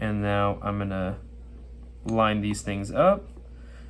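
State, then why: Not seated. While reassembling a Kershaw Mini Natrix folding knife, someone lines up the metal blade, bearing and washer stack to press them into the handle frame. Only someone talking is heard, with quiet handling in between. Nothing has seated or clicked yet.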